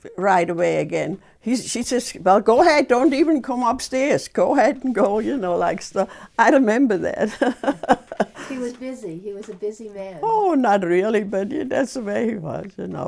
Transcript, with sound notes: right away again, and she'd say, well go ahead, don't even come up the stairs, go ahead and go, you know, like stuff, I remember that. (laughs)
He was busy, he was a busy man?
Oh, not really, but that's the way he was, you know.